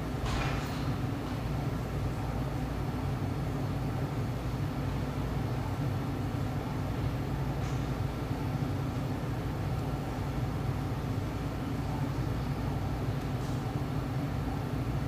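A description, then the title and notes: A mellow summer afternoon in a city neighborhood: a steady, low traffic rumble fills the air, with a few faint clicks early and midway. Denver, Colorado. Mellow, summer afternoon sounds from a spacious spot on in Denver's trendy RINO neighborhood.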